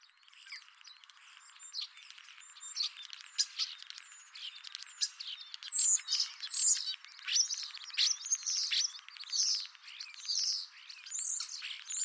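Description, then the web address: Common starling song: a busy, continuous mix of crackling rattles, squeaky notes and harsh high chatter that gets louder halfway through. "Deverinetal 2025. Bird Only"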